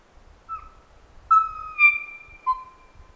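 Kokako: kōkako song: organ-like whistled notes, a short note then long sustained tones that glide gently downward.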